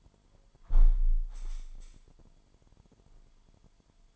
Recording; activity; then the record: daily activity, microphone in the room; close window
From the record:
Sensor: 5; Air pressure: 998.0 hPa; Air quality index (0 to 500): 98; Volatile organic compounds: 2 ppm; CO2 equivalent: 1112 ppm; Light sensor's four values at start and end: 27/65/27/29 and 27/65/27/29